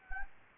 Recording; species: mosquito wingbeat signal from an infrared sensor; Anopheles gambiae